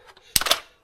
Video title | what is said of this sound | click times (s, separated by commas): SUPSTABLE Lithium Powered Mini Electric Chainsaw with Pole Extender Accessory - Unboxing and Review | there we go snaps in place | 0.4 s